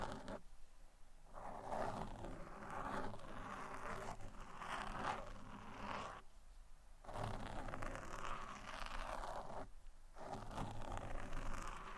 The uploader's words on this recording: ASMR Mic Scratching (No Talking).